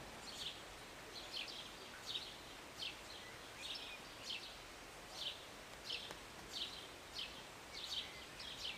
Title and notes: Rainy Morning with Birds Chirping. Was sitting on my balcony on a Sunday morning, enjoying a cup of tea and the birds. Enjoy the short rain in the morning with birds singing and chirping beautifully. And an occasional plane. Believe it or not, this was recorded in the city